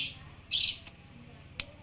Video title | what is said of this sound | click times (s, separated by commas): Service fuel injeksi honda pcx | Pastikan bunyi klik ya, itu udah kencang. | 1.6 s